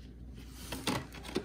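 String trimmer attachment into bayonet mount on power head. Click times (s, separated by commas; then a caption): 0.9 s. A string trimmer attachment for a Snapper 82V XD is pushed into the bayonet-type mount on the power head and twisted. A sharp click at 0.9 s marks it locking into place, with softer knocks around 0.7 s, 1.2 s and 1.4 s. The attachment is seated.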